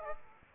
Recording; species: mosquito wingbeat signal from an infrared sensor; Aedes aegypti